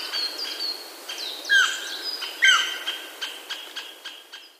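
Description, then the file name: Japanese green woodpecker gives two strong, downward-slurred whistles about a second apart, set against steady chirps of other birds. "aogera"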